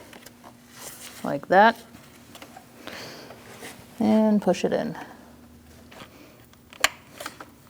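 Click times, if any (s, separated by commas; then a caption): 6.8 s. Someone talks while a plastic wiring harness connector is pushed onto the MAP sensor of a 2000-2006 Mini Cooper 1.6L L4. A sharp, loud click rings out at 6.8 s, followed by a few faint taps, and the connector is seated.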